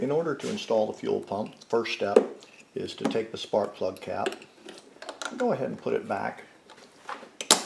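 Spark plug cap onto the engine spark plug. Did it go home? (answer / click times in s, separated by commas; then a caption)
yes / 7.4 s, 7.5 s. Someone talks while pushing the rubber spark plug cap back onto the spark plug of a Wen 5000 generator, a step in installing the fuel pump for an extended run time fuel kit. Two sharp snaps at 7.4 s and 7.5 s mark the cap seating firmly onto the plug.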